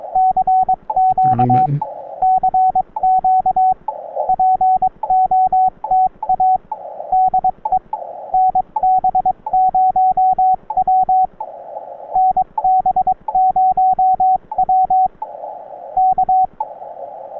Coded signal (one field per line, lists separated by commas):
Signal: Morse code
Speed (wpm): 22 wpm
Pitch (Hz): 750 Hz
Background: radio noise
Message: CQ CQ POTA DE NB0W NB0W K